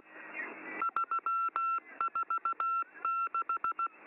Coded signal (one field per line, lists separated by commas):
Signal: Morse code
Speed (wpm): 16 wpm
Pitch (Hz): 1350 Hz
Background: none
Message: 346